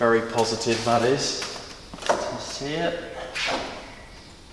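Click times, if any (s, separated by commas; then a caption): none. A new JL hood latch fitted to a JK Jeep Wrangler to stop hood flutter, the latch that clamps the hood to the body of the off-road vehicle, is handled while someone talks, with a few brief scraping and knocking sounds between the words. Nothing has clicked or latched closed yet.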